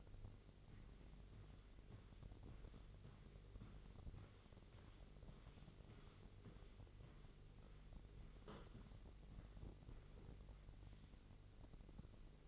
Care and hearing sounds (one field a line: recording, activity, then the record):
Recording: daily activity, microphone in the room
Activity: walk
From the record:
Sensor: 4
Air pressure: 1002.4 hPa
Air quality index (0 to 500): 215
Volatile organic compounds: 12 ppm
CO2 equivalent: 2327 ppm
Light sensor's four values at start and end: 20/71/26/26 and 20/71/26/26